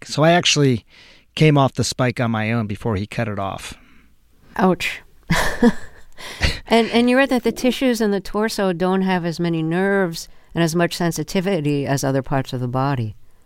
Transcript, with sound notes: So I actually came off the spike on my own before he cut it off.
Ouch (laughter). And you write that the tissues in the torso don't have as many nerves and as much sensitivity as other parts of the body.